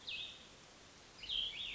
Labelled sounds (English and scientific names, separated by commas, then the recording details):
Cassin's Vireo (Vireo cassinii)
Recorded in Sonoma County, California